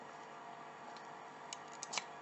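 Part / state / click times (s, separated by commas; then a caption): screwdriver bit into bit holder / not seated / none. A hex shank screwdriver bit without the locking groove is pushed into a quick-release bit holder, giving a few faint, brief ticks at about 1.5, 1.8 and 2.0 seconds over a steady background hiss. The bit does not click or lock into the holder because it lacks the groove.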